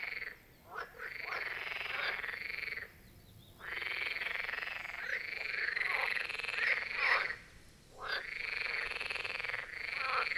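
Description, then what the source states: Several marsh frogs croaking together, drawn-out rattling calls running into one another almost continuously, broken by a few short silences. Chorus of marsh frogs at the Birkensee in Schönbuch, Germany, recorded on one of the first hot summer days of 2023.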